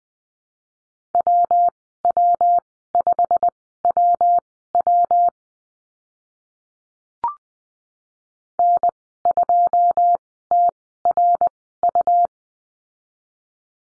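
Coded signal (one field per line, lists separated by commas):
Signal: Morse code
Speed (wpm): 19 wpm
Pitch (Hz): 700 Hz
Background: none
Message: WW5WW N2TRU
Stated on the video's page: Morse course lesson on letter W and call signs, Farnsworth speed 20/10 wpm.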